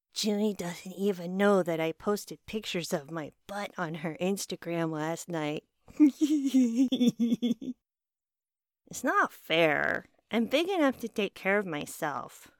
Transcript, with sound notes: Junie doesn’t even know that I posted pictures of my butt on her Instagram last night. (giggling) It’s not fair, I’m big enough to take care of myself.